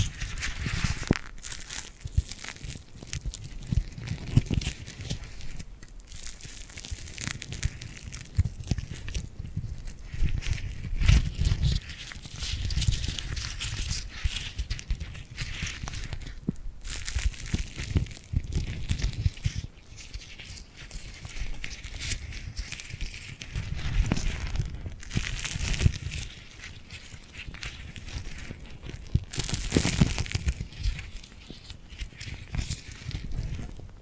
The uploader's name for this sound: Tingly Glued Hand Sounds